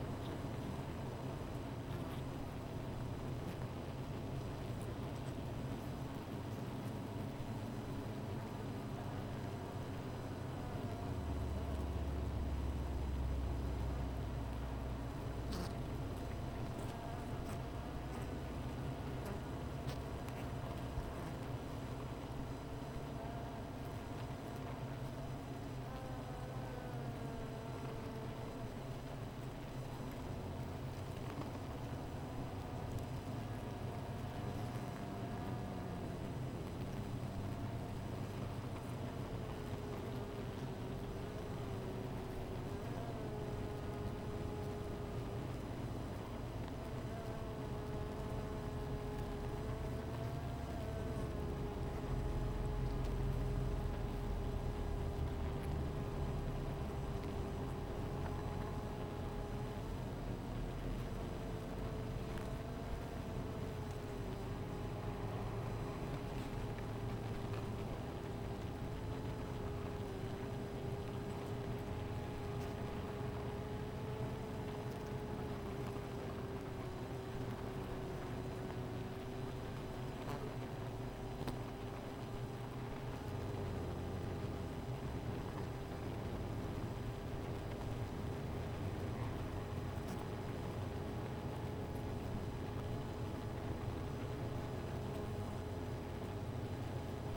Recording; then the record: honeybee colony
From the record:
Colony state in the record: missing queen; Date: 14 July 2017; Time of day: 16:07